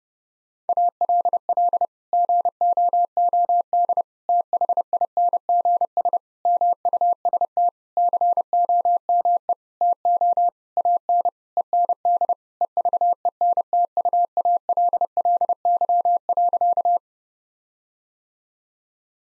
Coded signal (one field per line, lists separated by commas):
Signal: Morse code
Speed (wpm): 32 wpm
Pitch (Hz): 700 Hz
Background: none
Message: ALL GOOD THINGS MUST COME TO AN END EVENTUALLY.